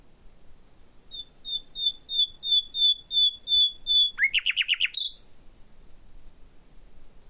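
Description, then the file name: Common nightingale delivering a series of clear, evenly spaced whistled notes that give way to a rapid, harsh rattle and a final high note. "Luscinia megarhynchos"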